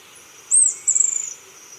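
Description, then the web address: Ashy-headed tyrannulet: one sharp, thin, very high note, then a fast trill of stuttered notes. Recorded in Ecuador. "Birds of Ecuador Ashy-headed Tyrannulet"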